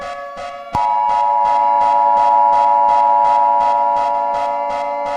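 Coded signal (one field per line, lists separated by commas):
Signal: Emergency Alert System (SAME) tones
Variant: 853 and 960 Hz attention tone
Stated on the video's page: Fictional EAS scenario alert warning that fog is coming.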